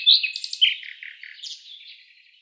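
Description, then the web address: Common Nightingale song: a brief jumble of scratchy, warbled notes and slurred whistles fading away toward the end. "Schulze Peter Common Nightingale song"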